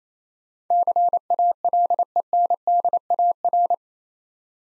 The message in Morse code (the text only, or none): CALENDAR